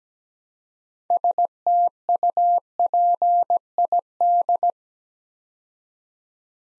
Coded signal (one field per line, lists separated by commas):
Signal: Morse code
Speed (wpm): 17 wpm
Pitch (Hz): 700 Hz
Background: none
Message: STUPID